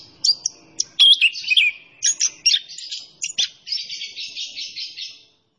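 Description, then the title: Orange-headed thrush song: a rapid string of high whistled and scratchy notes, ending in a steady buzzy trill, with brief pauses between phrases. Training song for songbirds; bird described as gacor, singing energetically. "Anis Kembang Gacor. Masteran Anis Kembang"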